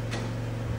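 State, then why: Not seated. The spring latch pin on a snow blower attachment is handled as the blower is lifted toward the bracket of the mount on a John Deere X580 lawn tractor. A steady low hum runs throughout, with a faint, brief rustle near 0.1 s. Nothing has seated or clicked yet.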